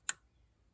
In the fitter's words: hear that click